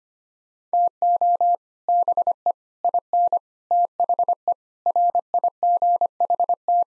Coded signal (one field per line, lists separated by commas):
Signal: Morse code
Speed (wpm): 25 wpm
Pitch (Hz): 700 Hz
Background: none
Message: TO BE IN THE RIGHT